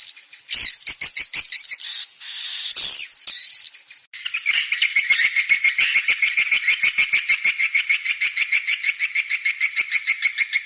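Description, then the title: Swiftlet calls: loud high hissing squeals and clicks at first, then a steady train of quick, buzzy chirps repeated about twice a second. "Suara Burung Wallet"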